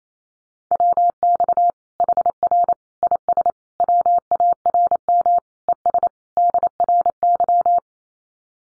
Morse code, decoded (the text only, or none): WX HR IS WARM ES DRY